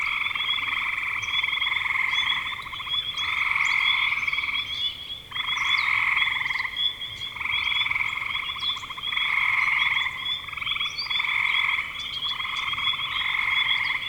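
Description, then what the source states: Frog chorus of pulsed, trilling calls that swell and pause roughly every two seconds, over a constant high-pitched hum. Spring frogs recorded in 2025.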